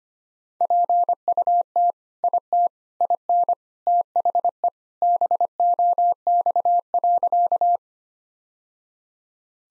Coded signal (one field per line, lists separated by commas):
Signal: Morse code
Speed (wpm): 25 wpm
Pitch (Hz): 700 Hz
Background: none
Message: PUT IT IN THE BOX.